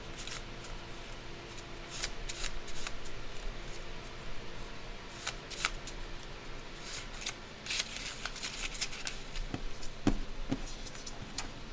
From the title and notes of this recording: ASMR soundscape triggers candle dressing, shuffling, and cutting sounds.